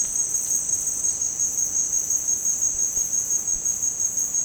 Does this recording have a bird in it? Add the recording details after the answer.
no. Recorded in secondary vegetation near Puerto Asís, Putumayo, Colombia, on 25 June 2025 at 15:00. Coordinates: 0.484, -76.319. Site G074